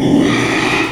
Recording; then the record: squeal of a Yucatan mini pig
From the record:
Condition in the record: after surgery on the right vocal fold (resection and tissue-engineered implant); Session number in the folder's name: 1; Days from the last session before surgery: 6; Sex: male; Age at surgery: 12 weeks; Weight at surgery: 13 kg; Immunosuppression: cyclosporine, prednisolone